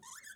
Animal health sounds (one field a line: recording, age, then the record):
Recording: pig call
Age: piglet (1 to 25 days)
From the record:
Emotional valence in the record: negative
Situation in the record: long isolation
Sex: male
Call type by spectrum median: high-frequency call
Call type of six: high-frequency stable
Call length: 0.36 s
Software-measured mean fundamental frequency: 178 Hz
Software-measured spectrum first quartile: 1644 Hz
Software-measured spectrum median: 4446 Hz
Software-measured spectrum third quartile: 7529 Hz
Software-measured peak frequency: 1743 Hz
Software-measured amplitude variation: 175 dB a second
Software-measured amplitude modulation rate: 18.2 a second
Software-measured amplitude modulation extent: 9.6 dB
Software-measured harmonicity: 8.1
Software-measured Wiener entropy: -3.12